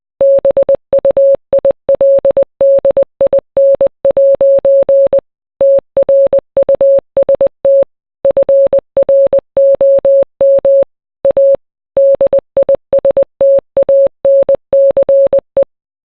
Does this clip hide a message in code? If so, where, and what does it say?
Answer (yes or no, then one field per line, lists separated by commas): yes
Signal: Morse code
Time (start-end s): 0.2-15.6 s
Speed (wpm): 20 wpm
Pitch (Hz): 550 Hz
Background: none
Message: BUILDIN' TRUST FROM A DISTANCE